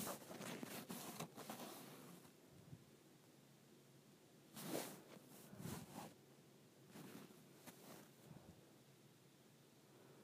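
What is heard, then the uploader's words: A cord is scraped in quick, rough strokes, the rasping bursts crowded together through the first two seconds. After a quieter stretch, a strong scrape lands near five seconds, followed by scattered shorter scrapes around six, seven and eight seconds over a low, steady hiss. ASMR Scraping the Cord of my iPhone Charger.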